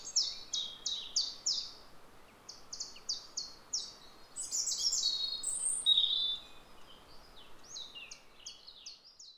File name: Rougegorge familier Erithacus rubecula